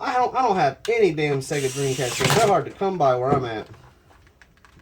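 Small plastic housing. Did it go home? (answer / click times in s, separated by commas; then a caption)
yes / 4.4 s, 4.6 s. A plastic game controller shell half is pressed onto the controller body to close it up after a joystick repair. Someone talks for the first few seconds, then several small, quiet plastic clicks follow, with the shell snapping into place at 4.4 and 4.7 seconds. The halves are seated together.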